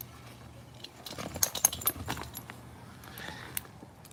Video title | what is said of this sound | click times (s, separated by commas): Evening walk Dad and Son Do It All is live! | Hold on. Hold on. Not quite there. I know you hear the click, so it's confusing, but there you go. | 1.4 s, 1.7 s